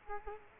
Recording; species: mosquito wingbeat signal from an infrared sensor; Culex quinquefasciatus